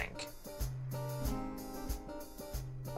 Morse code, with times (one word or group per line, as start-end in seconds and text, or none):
none